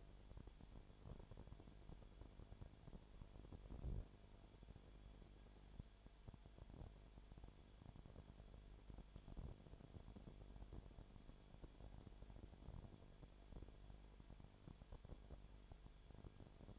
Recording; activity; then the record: daily activity, microphone in the room; no activity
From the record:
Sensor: 5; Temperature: 19.9 degrees Celsius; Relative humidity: 37.1%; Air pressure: 1007.4 hPa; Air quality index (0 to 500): 84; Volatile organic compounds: 1 ppm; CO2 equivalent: 965 ppm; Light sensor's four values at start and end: 2/3/1/1 and 2/3/1/1